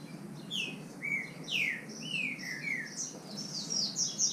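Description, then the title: Green-winged saltator singing a run of clear descending whistled notes, then higher notes, over a steady background hiss. Bird named Nicão, in the bush, competing in song with a free-living bird. "Trinca Ferro NICÃ O No Mato Disputando Com Solto"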